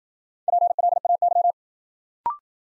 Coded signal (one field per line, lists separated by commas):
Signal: Morse code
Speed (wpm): 53 wpm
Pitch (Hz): 700 Hz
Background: none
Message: PLAY